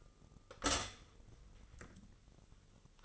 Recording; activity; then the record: daily activity, microphone in the room; stop toaster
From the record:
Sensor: 4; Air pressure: 996.1 hPa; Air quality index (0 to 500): 68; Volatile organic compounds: 2 ppm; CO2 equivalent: 1229 ppm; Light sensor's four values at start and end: 13/33/13/14 and 12/28/12/12